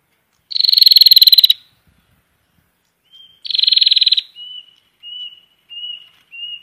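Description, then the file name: Prinia giving two fast, buzzy rattling trills, followed by a run of short, thin whistled notes at a steady pitch. Prinia call used to lure birds. "suara burung prenjak untuk memikat"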